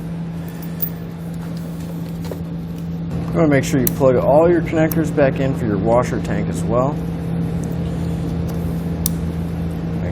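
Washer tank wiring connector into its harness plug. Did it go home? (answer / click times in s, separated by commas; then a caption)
yes / 9.1 s. While refitting the washer fluid tank on a 2018 Chevrolet Equinox during a Demco Tabless Base Plate Kit install, the tank's wiring connector is plugged back into its harness plug over a steady low hum as someone talks. A sharp click at 9.1 s marks the connector latching into place, seated.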